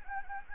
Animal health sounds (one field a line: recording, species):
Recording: mosquito wingbeat signal from an infrared sensor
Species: Anopheles gambiae